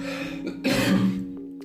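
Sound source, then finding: Cough.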